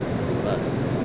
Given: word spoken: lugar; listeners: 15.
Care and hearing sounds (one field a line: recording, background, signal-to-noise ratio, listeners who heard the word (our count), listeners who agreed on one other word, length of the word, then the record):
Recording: one Spanish word in noise, from a listening test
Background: speech-shaped noise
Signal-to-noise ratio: -7.0 dB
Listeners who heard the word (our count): 0 of 15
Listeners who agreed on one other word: 7 of 15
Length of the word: 0.65 s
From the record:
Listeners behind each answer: 7, 1, 1, 1, 1, 1, 1, 1, 1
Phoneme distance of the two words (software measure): 10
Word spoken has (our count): 2 syllables, 5 phonemes, stress on syllable 2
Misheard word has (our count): 2 syllables, 5 phonemes, stress on syllable 2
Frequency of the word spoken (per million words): 512.91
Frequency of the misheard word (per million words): 71.35